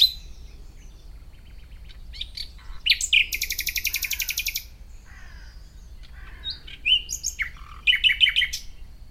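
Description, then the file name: Common nightingale song with a long, harsh machine-gun trill, followed by quieter chirps, then varied whistles and a quick chattering finish. "Luscinia megarhynchos"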